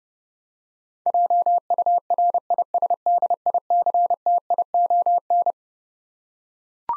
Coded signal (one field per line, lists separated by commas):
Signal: Morse code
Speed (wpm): 32 wpm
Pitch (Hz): 700 Hz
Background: none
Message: JURISDICTION